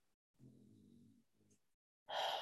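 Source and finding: Bulldog. Snoring.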